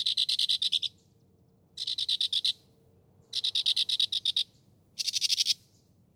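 Northern mockingbird song: rapid rattling phrases about a second long, repeated with short gaps.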